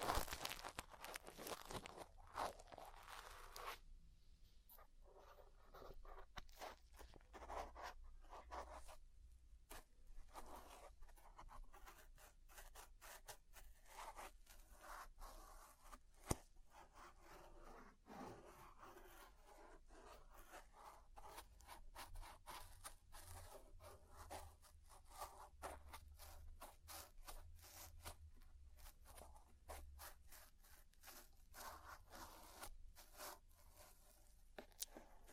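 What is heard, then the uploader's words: Ear cleaning sounds made up of dense, quick scratching and rubbing that crackles almost without pause for the whole stretch. Sharp clicks stand out every few seconds, one especially loud near the middle, over a low steady rumble underneath. ASMR Deep Ear Cleaning Session. (No Talking).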